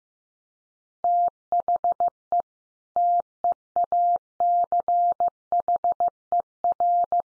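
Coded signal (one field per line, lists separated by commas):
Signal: Morse code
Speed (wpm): 15 wpm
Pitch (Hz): 700 Hz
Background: none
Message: THE TEACHER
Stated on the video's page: Morse code lesson at 15 wpm: easy phrases for head-copy practice, each sentence sent, then spoken, then sent again.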